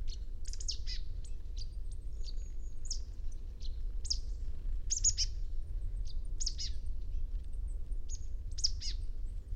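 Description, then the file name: Marsh tit giving short, high, sharp calls in small bursts every second or two, some quickly doubled, against a low steady rumble. "Poecile palustris"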